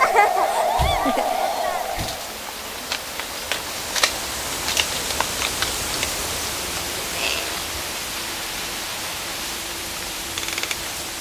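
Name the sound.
water flowing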